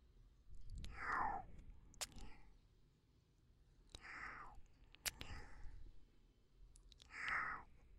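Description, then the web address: Cat meowing, three meows about three seconds apart, with sharp clicks between them. "耳萌猫咪 好听の 喵喵喵"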